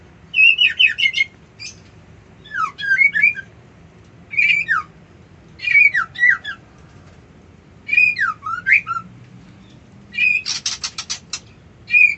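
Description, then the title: White-eye repeating short, high twittering phrases at short intervals, with a buzzy rattle near the end. Song delivered in the style called ngerol ngalas. "Suara Burung Pleci Ngerol Ngalas"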